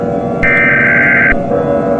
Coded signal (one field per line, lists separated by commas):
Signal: Emergency Alert System (SAME) tones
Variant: header bursts